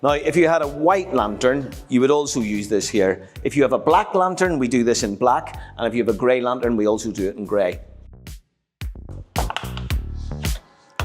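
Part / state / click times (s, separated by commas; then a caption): LED light cover strip into roof lantern profile / seated / 11.0 s. Someone talks while the opaque cover strip for the LED lights of a Korniche roof lantern, offered in white, black or gray to match the lantern, is pressed into the aluminium roof lantern profile, starting at one end. A few short handling taps come around 9.4 to 10.5 seconds, and the strip clicks into place with a sharp snap at 11.0 seconds, seated.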